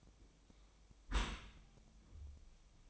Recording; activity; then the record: daily activity, microphone in the room; close dishwasher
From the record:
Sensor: 1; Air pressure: 1004.7 hPa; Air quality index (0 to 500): 121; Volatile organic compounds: 4 ppm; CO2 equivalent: 1677 ppm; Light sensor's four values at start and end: 9/21/8/9 and 9/21/8/9